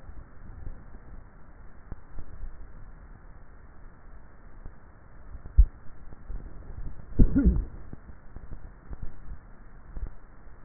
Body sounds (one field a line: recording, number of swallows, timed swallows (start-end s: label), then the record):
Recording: swallowing sounds by neck microphone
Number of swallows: 2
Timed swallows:
2.18-5.60 s: swallow
9.08-9.98 s: swallow
From the record:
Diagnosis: dysphagia